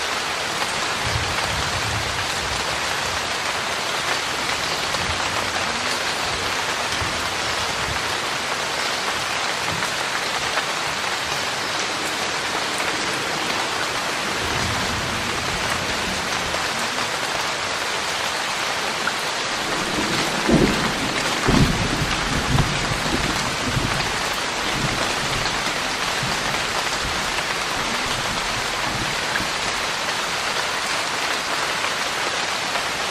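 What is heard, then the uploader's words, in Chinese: Thunderstorm rain falls in a steady, dense hiss that fills the whole clip, with drops pattering on a surface. Around twenty seconds a few brief, louder knocks and splashes stand out, while low rumbling murmurs faintly underneath throughout. 雷雨聲。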